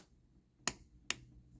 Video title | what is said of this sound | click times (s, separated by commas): Dr. Wu's mini Metrotitan has Massive Play Potential! | then you're going to push it forward until it clicks you could hear it watch | 0.7 s, 1.1 s